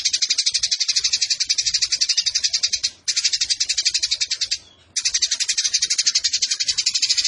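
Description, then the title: Eurasian tree sparrow pouring out quick, high chirps in long unbroken runs, pausing twice only briefly. Fighting-style sparrow song with long 'nembak' bursts and a clear voice, used as a master recording for training competition birds. "GEREJA TARUNG NEMBAK PANJANG SUARA JERNIH MASTERAN WAJIB BURUNG LOMBA"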